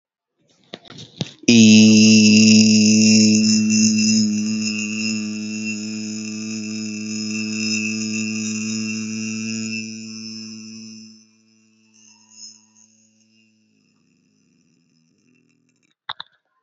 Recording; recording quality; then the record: sustained vowel as in beet; excellent, no background noise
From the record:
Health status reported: healthy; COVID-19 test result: not tested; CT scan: not taken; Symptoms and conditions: none ticked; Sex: male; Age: 21 years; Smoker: no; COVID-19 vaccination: both doses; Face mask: not worn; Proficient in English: yes